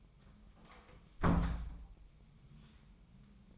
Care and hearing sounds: daily activity, microphone in the room; close door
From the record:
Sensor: 1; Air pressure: 1005.0 hPa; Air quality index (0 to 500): 82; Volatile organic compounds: 2 ppm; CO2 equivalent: 1101 ppm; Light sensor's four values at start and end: 9/23/9/10 and 9/23/9/10

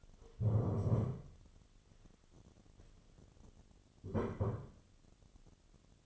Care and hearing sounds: daily activity, microphone in the room; stand up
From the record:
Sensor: 4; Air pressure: 1016.1 hPa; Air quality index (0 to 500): 182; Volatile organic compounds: 8 ppm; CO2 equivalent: 2078 ppm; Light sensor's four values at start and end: 9/20/8/7 and 9/20/8/7

